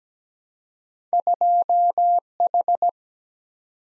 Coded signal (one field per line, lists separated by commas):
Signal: Morse code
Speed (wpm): 17 wpm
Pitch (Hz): 700 Hz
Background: none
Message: 2H